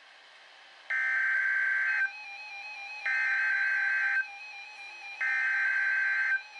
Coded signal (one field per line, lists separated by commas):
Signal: Emergency Alert System (SAME) tones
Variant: header bursts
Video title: Severe Weather Alerts including a Tornado Emergency!! from 5/6/2026